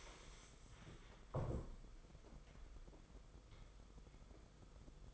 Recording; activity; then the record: daily activity, microphone in the room; stand up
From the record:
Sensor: 5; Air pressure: 990.7 hPa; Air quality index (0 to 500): 150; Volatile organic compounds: 165 ppm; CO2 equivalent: 4086 ppm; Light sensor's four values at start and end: 41/127/49/52 and 41/127/49/52